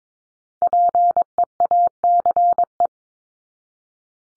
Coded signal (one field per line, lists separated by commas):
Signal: Morse code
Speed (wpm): 22 wpm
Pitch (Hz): 700 Hz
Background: none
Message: PEACE